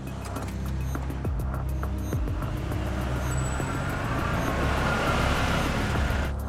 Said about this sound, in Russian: Он испуганно заводит машину и трогается с места.